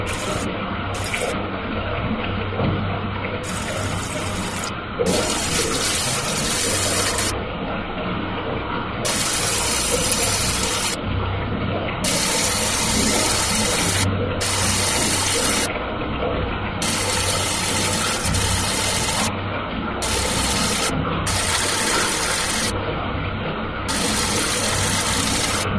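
Bath water runs in a steady, dense rush with a low rumble, its bright hiss repeatedly cutting in and out every second or two.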